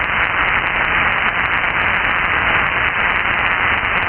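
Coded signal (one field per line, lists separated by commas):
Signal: Emergency Alert System (SAME) tones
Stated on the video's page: Amateur radio signal on 144.250 MHz USB, received on an Icom IC-9700 in southern California.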